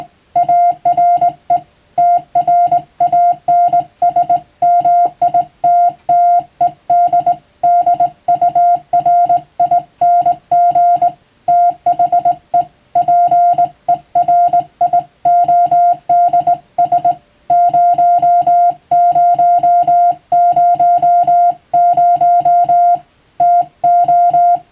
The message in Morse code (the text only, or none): ARE TRANSMITTED DURING THE PERIODS 0000 TO